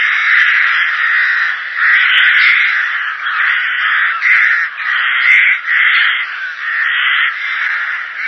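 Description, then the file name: Rook calls in a steady stream of rasping caws, many overlapping and throbbing in loudness, forming a continuous harsh chatter. "roek"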